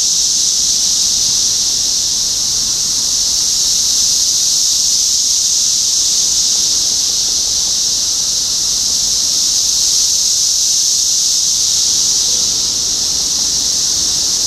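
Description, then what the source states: Cicadas sustain a loud, even, shrill buzz from start to finish, with no other clear sounds. Cicadas in Topeka, Kansas, on 14 June 2015.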